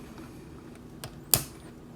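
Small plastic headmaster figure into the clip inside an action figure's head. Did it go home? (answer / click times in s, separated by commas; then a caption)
no / none. A small plastic Headmaster figure is pressed onto the ball-joint clip inside the head of a Transformers: Earthrise Voyager Snapdragon action figure, where the joint's wide range of movement makes it hard to hold still. Faint plastic ticks come at about 0.8 s and 1.0 s, then a sharp, loud plastic tap at 1.3 s over quiet background hiss. The figure has not seated or clicked into the head.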